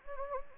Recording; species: mosquito wingbeat signal from an infrared sensor; Anopheles gambiae